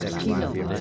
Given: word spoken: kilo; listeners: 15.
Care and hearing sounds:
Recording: one Spanish word in noise, from a listening test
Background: eight-talker babble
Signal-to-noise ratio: -0.8 dB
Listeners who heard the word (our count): 3 of 15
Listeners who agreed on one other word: 9 of 15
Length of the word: 0.41 s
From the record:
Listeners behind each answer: 9, 3, 1, 1, 1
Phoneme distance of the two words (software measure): 21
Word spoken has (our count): 2 syllables, 4 phonemes, stress on syllable 1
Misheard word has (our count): 3 syllables, 8 phonemes, stress on syllable 2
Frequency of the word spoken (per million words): 11.98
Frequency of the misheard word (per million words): 30.02

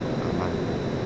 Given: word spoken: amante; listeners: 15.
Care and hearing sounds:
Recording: one Spanish word in noise, from a listening test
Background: speech-shaped noise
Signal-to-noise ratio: -5.8 dB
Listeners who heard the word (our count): 3 of 15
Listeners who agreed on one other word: 6 of 15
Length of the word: 0.66 s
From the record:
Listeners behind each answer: 6, 3, 2, 1, 1, 1, 1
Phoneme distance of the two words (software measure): 24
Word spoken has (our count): 3 syllables, 6 phonemes, stress on syllable 2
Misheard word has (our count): 2 syllables, 4 phonemes, stress on syllable 2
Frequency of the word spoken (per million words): 27.05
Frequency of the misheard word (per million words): 12.41

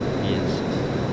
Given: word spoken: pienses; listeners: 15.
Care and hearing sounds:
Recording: one Spanish word in noise, from a listening test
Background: speech-shaped noise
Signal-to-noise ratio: -6.6 dB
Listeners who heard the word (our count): 1 of 15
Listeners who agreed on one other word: 12 of 15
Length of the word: 0.73 s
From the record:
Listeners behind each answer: 12, 1, 1, 1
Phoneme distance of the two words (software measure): 10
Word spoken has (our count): 2 syllables, 7 phonemes, stress on syllable 1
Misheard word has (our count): 2 syllables, 7 phonemes, stress on syllable 1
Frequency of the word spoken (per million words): 2.46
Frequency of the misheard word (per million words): 8.94

